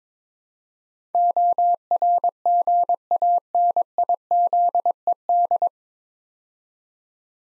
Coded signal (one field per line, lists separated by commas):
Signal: Morse code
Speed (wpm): 22 wpm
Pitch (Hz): 700 Hz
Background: none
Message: ORGANIZED